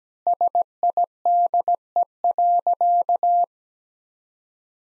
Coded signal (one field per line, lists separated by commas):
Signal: Morse code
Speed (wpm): 17 wpm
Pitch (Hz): 700 Hz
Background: none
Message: SIDE.